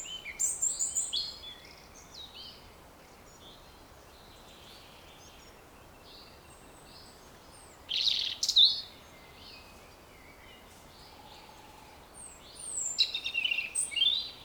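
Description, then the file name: European robin calls, thin high-pitched twittering notes in three bursts near the start, middle and end, with quiet gaps between. "Erithacus rubecula"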